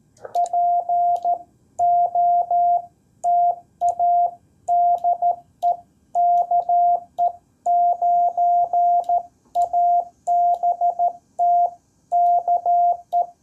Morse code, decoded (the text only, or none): POTA DE KE9ABT KE